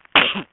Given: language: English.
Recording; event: throat vibration sensor signal played as sound; cough